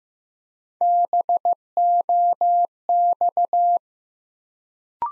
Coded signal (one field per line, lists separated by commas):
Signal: Morse code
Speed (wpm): 15 wpm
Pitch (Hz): 700 Hz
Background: none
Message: BOX